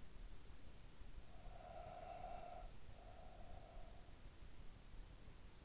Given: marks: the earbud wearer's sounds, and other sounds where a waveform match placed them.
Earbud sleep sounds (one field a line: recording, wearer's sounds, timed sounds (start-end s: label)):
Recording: sounds in sleep by an in-ear microphone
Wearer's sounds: breath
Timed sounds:
1.18-4.33 s: breath